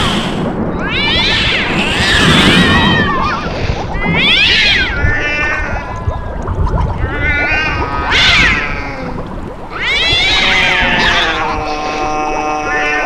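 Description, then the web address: Cats howling and yowling in long, wavering wails rich in overtones that rise and fall, many cries one after another over a constant low rumbling background. "Halloween Nightmare CD Sound Effects 13-halloween sound effects-howling cats"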